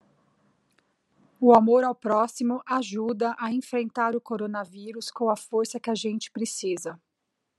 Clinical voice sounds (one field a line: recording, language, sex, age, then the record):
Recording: spoken sentence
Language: Brazilian Portuguese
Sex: female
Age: 40 to 49 years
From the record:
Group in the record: control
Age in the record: 42 years